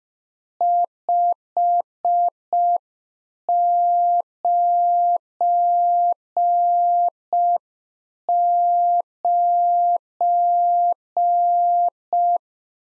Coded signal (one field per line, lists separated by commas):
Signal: Morse code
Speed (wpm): 5 wpm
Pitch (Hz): 700 Hz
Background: none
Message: 599